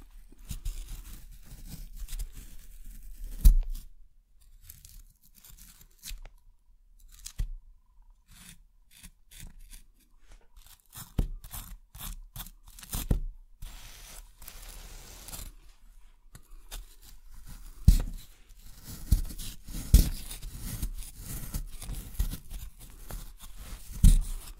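Digging and scraping with an excavation kit, like at an archaeological dig: bursts of scratching, gritty scrapes and short crunches come in uneven clusters throughout. Sharper knocks stand out near 3, 18 and 20 seconds, with brief quiet gaps between strokes.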